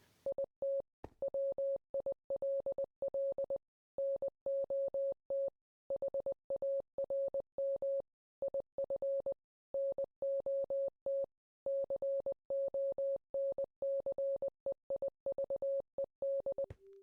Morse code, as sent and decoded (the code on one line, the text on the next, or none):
.. - / .-- .. .-.. .-.. / -. --- - / .... .- .-. -- / .. ..-. / -. --- - / -.-. --- -. -.-. . .. ...- . -..
IT WILL NOT HARM IF NOT CONCEIVED